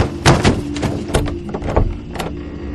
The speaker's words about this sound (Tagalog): Ilang oras lang ay naulit ang malalakas na kalabog at ang pagbubukas ng doorknob ng playroom.